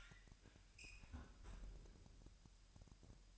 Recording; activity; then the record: daily activity, microphone in the room; close fridge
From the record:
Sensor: 2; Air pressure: 1001.8 hPa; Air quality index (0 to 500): 248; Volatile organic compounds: 36 ppm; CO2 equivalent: 3085 ppm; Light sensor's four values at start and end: 8/28/11/10 and 8/28/11/10